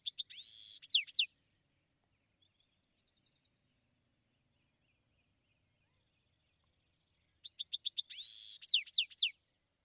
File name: Bewick's Wren